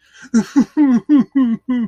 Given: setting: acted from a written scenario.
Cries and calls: vocal sound without words; sadness

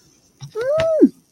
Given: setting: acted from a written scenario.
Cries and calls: vocal sound without words; distress

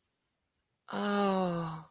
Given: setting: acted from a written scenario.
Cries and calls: vocal sound without words; serenity

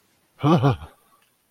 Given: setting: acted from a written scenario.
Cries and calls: vocal sound without words; negative surprise

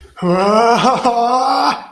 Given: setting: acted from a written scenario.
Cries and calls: vocal sound without words; distress

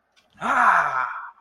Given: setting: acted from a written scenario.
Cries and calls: vocal sound without words; triumph

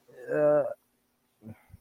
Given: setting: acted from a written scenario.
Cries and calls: vocal sound without words; disgust

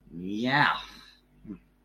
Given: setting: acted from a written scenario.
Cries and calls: vocal sound without words; elation

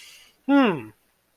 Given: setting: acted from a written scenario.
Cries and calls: vocal sound without words; realization

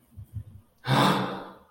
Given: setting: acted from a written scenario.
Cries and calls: vocal sound without words; awe

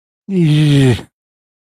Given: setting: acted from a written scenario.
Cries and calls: vocal sound without words; embarrassment

